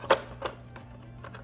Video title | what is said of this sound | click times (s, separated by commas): NEW Fluval Aquaclear filter. Did they fix it? | With the new filter, the basket is very well designed, fits really snug, and there's 2 audible clicks when you push it in. | 0.1 s, 0.5 s